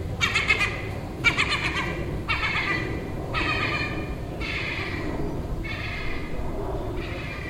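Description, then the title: Gull calls, stuttering harsh notes followed by long, broad nasal cries spaced about a second apart, with low background rumble. Gull nesting on a neighbouring roof, calling all day for a week; Den Haag, Netherlands, 18 June 2017. "Seagull Chatter (Den Haag"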